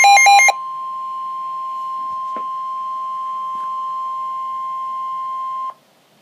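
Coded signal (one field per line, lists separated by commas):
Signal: Emergency Alert System (SAME) tones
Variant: 1050 Hz attention tone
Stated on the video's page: Real NOAA Weather Radio alert.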